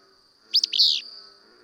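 Willow flycatcher singing one quick, raspy burst: two clipped notes sliding into a buzzy slur, set against a thin, steady high drone.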